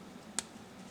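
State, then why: Seated. While a DX9 mini 快枪手 导弹鹰 transforming robot toy is being transformed, its plastic forearm is aligned with the latch on the toy's arm and pushed in. A single sharp snap is heard at 0.4 s over low background noise. The forearm is seated in the latch, and both arms end up completely stuck in place.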